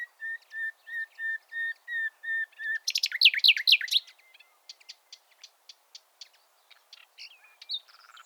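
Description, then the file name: Common nightingale song: a slow series of pure whistled notes leads into a loud rapid burst, followed by scattered clicks and short notes. "Luscinia megarhynchos"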